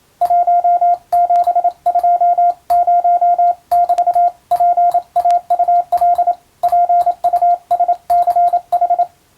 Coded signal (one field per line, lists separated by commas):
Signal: Morse code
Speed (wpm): 27 wpm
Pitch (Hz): 700 Hz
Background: radio noise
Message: 1720<BT>PAUL PUSCH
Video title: 昭和には無線通信士を養成する学校が多数ありました。こんな練習が毎日授業の中にありました。今でも国家試験があり、モールスの実技試験があります。ＣＷの受信練習に！ morse code practice